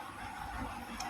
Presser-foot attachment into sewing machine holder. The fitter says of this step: நம்ம கைட் பண்ணோம் அப்படின்னா ஈஸியா நம்மளுக்கு வந்து லாக் ஆயிடும்.